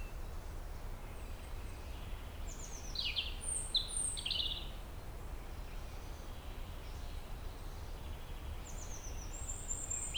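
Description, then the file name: European robin song, soft and thin, with a cluster of high descending whistles and trills, then a quiet trilled phrase near the end, over steady low rumble. "Erithacus rubecula"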